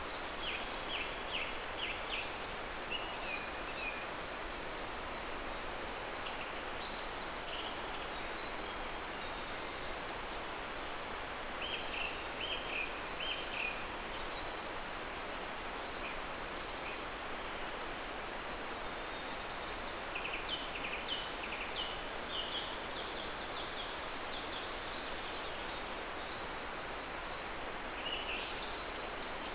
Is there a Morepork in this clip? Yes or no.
no